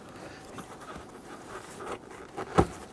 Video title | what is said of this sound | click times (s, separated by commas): How to Replace Vapor Canister Purge Solenoid Valve 2011-2019 Ford Explorer 3.5L V6 Duratec | pop that over | 2.6 s